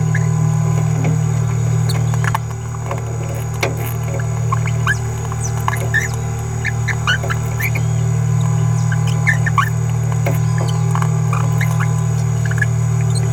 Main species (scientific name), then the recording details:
Forpus passerinus. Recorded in a nest box in Venezuela. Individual 18B17A3